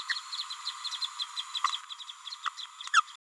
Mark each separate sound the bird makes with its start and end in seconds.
2.45-2.49, 2.94-3.02